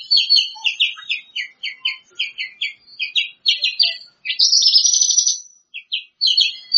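Greater green leafbird song, a lively chattering run of quick high notes that breaks into a brief buzzy trill before resuming.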